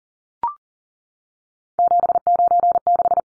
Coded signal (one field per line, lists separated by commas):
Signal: Morse code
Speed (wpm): 40 wpm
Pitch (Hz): 700 Hz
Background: none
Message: 796